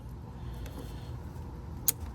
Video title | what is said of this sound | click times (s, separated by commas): 2021–2027 F-150 Fuel Line Rodent Damage - Bed-Off Access Method! https://youtu.be/e5XfNw4qVZM | And that snaps right in. | 1.9 s